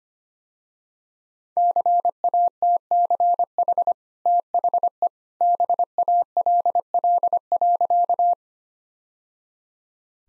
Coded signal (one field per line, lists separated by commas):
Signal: Morse code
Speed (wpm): 25 wpm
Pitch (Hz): 700 Hz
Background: none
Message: CATCH THE BALL.